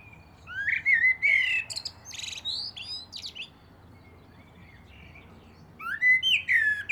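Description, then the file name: Common blackbird song: two mellow fluted phrases with scratchy high twitters, the second cut off at the end. "Turdus merula"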